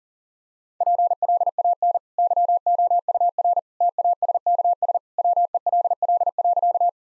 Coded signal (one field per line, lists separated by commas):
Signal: Morse code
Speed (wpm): 37 wpm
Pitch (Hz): 700 Hz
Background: none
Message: PLAN YOUR TASKS WELL.